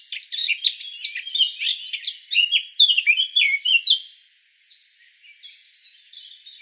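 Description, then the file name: Eurasian blackcap song, a loud, quick chattering warble for about four seconds, followed by faint high twitters. "Sylvia atricapilla"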